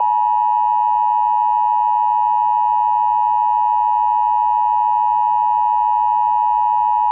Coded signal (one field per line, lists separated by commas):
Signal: Emergency Alert System (SAME) tones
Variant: 853 and 960 Hz attention tone